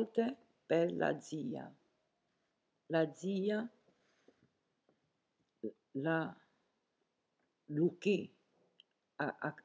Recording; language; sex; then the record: read passage; Italian; female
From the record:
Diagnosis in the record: healthy control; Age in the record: 70 years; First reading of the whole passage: 149 s, 3.0 characters per second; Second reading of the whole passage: 105 s, 4.4 characters per second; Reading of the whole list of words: 65 s, 4.0 characters per second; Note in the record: marked for poor recording quality or reading difficulty